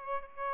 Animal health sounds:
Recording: mosquito wingbeat signal from an infrared sensor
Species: Aedes albopictus

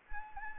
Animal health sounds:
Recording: mosquito wingbeat signal from an infrared sensor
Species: Anopheles arabiensis

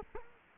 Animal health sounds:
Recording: mosquito wingbeat signal from an infrared sensor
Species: Culex quinquefasciatus

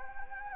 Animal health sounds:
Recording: mosquito wingbeat signal from an infrared sensor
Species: Anopheles gambiae

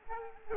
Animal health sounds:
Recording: mosquito wingbeat signal from an infrared sensor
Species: Aedes aegypti

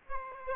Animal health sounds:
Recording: mosquito wingbeat signal from an infrared sensor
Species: Aedes aegypti

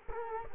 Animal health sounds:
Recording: mosquito wingbeat signal from an infrared sensor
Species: Culex quinquefasciatus

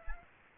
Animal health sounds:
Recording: mosquito wingbeat signal from an infrared sensor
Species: Aedes aegypti

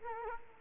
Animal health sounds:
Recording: mosquito wingbeat signal from an infrared sensor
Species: Culex quinquefasciatus

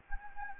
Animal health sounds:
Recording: mosquito wingbeat signal from an infrared sensor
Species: Anopheles gambiae

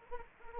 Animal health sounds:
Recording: mosquito wingbeat signal from an infrared sensor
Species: Anopheles arabiensis

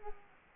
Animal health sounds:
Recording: mosquito wingbeat signal from an infrared sensor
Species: Culex quinquefasciatus

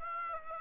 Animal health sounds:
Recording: mosquito wingbeat signal from an infrared sensor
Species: Aedes aegypti

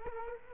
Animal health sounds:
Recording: mosquito wingbeat signal from an infrared sensor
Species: Culex quinquefasciatus

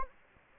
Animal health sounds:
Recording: mosquito wingbeat signal from an infrared sensor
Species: Anopheles gambiae

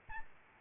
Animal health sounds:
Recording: mosquito wingbeat signal from an infrared sensor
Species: Aedes albopictus

